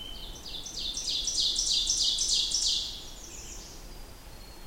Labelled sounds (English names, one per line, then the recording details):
Ovenbird song
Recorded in boreal forest in Alberta, Canada, on 20 June 2016 at 07:03
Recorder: SongMeter 3, array SBT-6-81
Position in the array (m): 156 m, 243 m
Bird 25